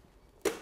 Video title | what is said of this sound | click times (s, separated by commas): EV Rider TranSport Folding Mobility Travel Scooter | When you hear that second click, you know you're locked into place, you're engaged. | 0.5 s